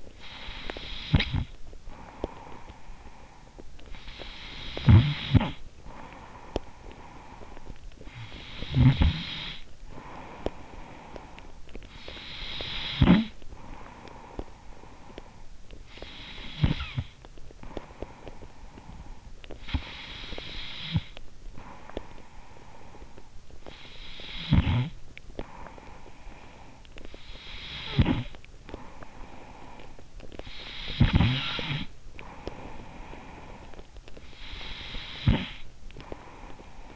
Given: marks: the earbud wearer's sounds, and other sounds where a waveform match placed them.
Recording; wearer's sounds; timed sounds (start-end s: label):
sounds in sleep by an in-ear microphone; snoring breath
0.00-36.96 s: snoring breath